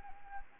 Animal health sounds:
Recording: mosquito wingbeat signal from an infrared sensor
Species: Anopheles arabiensis

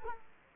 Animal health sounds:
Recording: mosquito wingbeat signal from an infrared sensor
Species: Culex quinquefasciatus

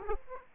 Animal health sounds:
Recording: mosquito wingbeat signal from an infrared sensor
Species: Aedes aegypti

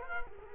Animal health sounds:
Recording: mosquito wingbeat signal from an infrared sensor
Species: Culex quinquefasciatus

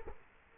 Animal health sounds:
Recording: mosquito wingbeat signal from an infrared sensor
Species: Culex quinquefasciatus

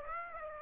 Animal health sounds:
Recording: mosquito wingbeat signal from an infrared sensor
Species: Aedes aegypti

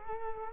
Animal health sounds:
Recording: mosquito wingbeat signal from an infrared sensor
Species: Culex quinquefasciatus

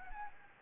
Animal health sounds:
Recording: mosquito wingbeat signal from an infrared sensor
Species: Anopheles gambiae

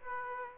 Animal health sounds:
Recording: mosquito wingbeat signal from an infrared sensor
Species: Aedes aegypti

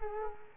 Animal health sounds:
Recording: mosquito wingbeat signal from an infrared sensor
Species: Culex quinquefasciatus

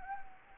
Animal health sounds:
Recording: mosquito wingbeat signal from an infrared sensor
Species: Anopheles gambiae

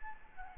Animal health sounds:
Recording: mosquito wingbeat signal from an infrared sensor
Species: Anopheles gambiae

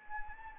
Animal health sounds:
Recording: mosquito wingbeat signal from an infrared sensor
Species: Anopheles arabiensis

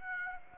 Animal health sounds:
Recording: mosquito wingbeat signal from an infrared sensor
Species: Aedes aegypti

